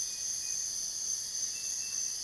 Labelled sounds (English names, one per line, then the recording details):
none
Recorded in dense forest near Puerto Asís, Putumayo, Colombia, on 24 June 2025 at 05:00
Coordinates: 0.484, -76.325
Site H65